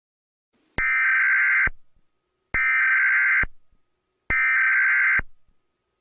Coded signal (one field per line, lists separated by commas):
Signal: Emergency Alert System (SAME) tones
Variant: header bursts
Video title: EAS Scenario #7 - Moons Dreadful Reign